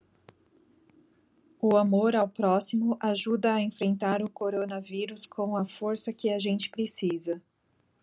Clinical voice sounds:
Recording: spoken sentence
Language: Brazilian Portuguese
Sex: female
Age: 40 to 49 years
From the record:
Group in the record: control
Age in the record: 43 years

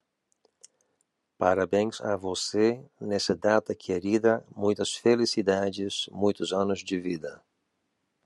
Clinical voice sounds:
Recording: short text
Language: Brazilian Portuguese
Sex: male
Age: 50 to 59 years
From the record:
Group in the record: control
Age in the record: 58 years

